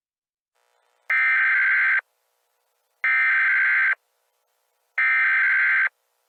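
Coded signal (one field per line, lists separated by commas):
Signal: Emergency Alert System (SAME) tones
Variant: header bursts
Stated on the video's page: Fictional EAS scenario, not a real alert.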